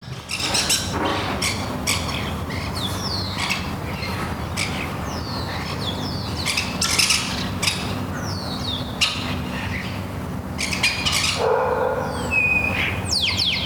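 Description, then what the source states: Birds calling: sharp descending squawks and chirps repeated throughout, with a brief bright whistle near the end, over a steady low rumble. Morning birds at Les Jardins de Carthage, Sidi Daoud, Tunis, Tunisia.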